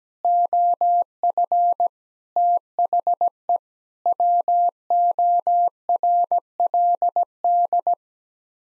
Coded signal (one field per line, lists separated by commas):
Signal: Morse code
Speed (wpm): 17 wpm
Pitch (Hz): 700 Hz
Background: none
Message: OF THE WORLD